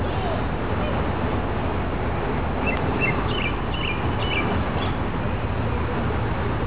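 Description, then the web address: Robin giving a brief sequence of high, clipped warbling notes midway, nearly drowned by a continuous broad rush of river water. Recorded beside a river. "richfragrantchaos robin riverside"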